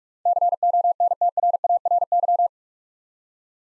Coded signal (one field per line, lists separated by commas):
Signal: Morse code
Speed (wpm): 44 wpm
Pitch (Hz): 700 Hz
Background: none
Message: CONTRARY